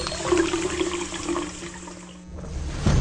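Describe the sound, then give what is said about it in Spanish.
Water rushes and drains away in a steady, hissing gush like a flushing toilet, dipping briefly before a deeper gurgling surge at the end. No voices. “No dejes que gota a gota el agua se agote.”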